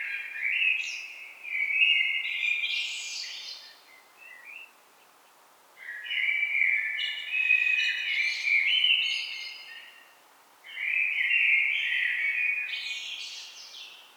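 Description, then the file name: Common blackbird song with three phrases spaced roughly every five seconds, each a low melodious warble rising into a scratchy high twitter. "Turdus merula"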